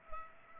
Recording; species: mosquito wingbeat signal from an infrared sensor; Culex pipiens